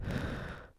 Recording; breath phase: one breath near a microphone; exhalation